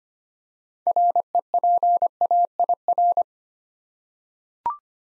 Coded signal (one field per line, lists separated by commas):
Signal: Morse code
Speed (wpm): 25 wpm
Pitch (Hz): 700 Hz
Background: none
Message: REPAIR